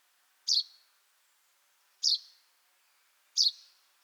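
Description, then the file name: Common chaffinch with three evenly spaced, sharp high notes, each trailing off slightly downward, in a quiet background. "Fringilla coelebs"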